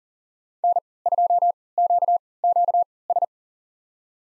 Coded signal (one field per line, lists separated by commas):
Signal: Morse code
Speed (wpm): 40 wpm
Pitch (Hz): 700 Hz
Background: none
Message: N2QQS